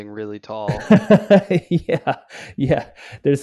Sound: laughing